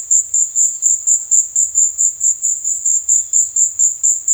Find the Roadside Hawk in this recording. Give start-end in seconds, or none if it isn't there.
0.35-0.96, 3.11-3.62